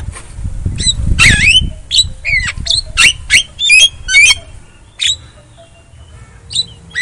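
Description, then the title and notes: Javan myna chattering in short squawky, rising phrases, with a low rumbling background noise during the first seconds. Lure sound meant to prompt a silent myna to sing. "Pancingan Jalak Kebo Bisu. Kicau Jalak Kebo"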